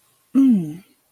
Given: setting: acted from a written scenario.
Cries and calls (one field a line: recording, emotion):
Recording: vocal sound without words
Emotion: contentment